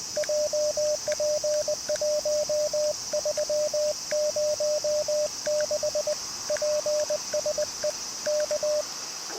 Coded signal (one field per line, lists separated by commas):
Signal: Morse code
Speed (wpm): 20 wpm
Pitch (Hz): 600 Hz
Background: radio noise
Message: JP1306 PSE K